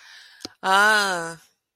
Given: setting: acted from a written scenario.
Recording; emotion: vocal sound without words; realization